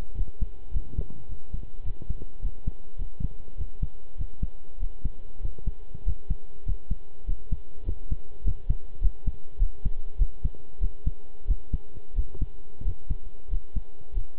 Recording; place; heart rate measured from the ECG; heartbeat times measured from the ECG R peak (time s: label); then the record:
heart sounds by stethoscope; between the tricuspid and mitral areas; 99 bpm
0.15 s: heartbeat
0.72 s: heartbeat
1.27 s: heartbeat
1.84 s: heartbeat
2.41 s: heartbeat
2.97 s: heartbeat
3.56 s: heartbeat
4.16 s: heartbeat
4.78 s: heartbeat
5.40 s: heartbeat
6.04 s: heartbeat
6.64 s: heartbeat
7.25 s: heartbeat
7.84 s: heartbeat
8.43 s: heartbeat
9.00 s: heartbeat
9.58 s: heartbeat
10.17 s: heartbeat
10.80 s: heartbeat
11.46 s: heartbeat
12.14 s: heartbeat
12.83 s: heartbeat
13.49 s: heartbeat
14.13 s: heartbeat
From the record:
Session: pedaling a stationary bicycle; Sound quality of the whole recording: good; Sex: male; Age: 23 years